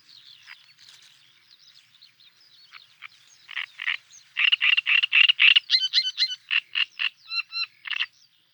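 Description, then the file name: Great reed warbler song: soft scratchy chatter building into loud, harsh, croaking notes repeated about four per second, with brief whistled interjections. "Trastsångare"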